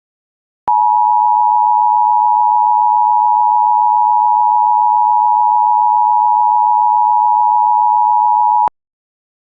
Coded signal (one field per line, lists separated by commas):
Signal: Emergency Alert System (SAME) tones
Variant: 853 and 960 Hz attention tone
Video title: [IPAWS EAS Archive] Radiological Hazard Warning for plant test (12/13/23)